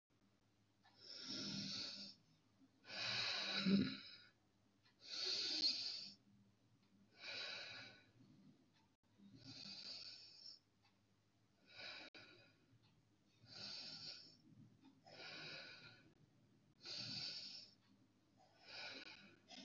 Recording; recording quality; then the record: deep breathing; excellent, no background noise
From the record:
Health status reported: respiratory illness, not identified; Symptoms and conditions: hypertension, diabetes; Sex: male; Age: 31 years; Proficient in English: yes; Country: India